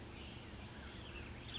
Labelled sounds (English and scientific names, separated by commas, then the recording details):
California Towhee (Melozone crissalis)
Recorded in Sonoma County, California